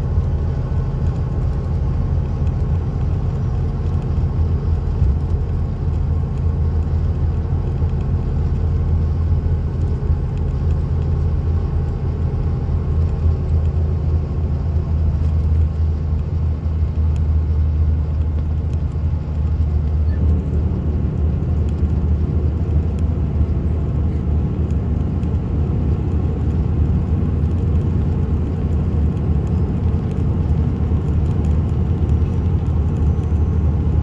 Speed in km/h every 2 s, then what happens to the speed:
111, 111, 111, 109, 109, 109, 108, 106, 105, 103, 101, 101, 101, 101, 101, 101, 105.
0-34 steady at about 105.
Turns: none.